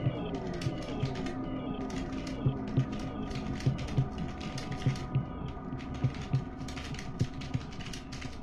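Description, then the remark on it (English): Soft, irregular clicking of typing on a computer keyboard, quick keystrokes tapping out in uneven bursts over a steady low hum, with no voices. “I'm typing. You probably can hear me typing, you.”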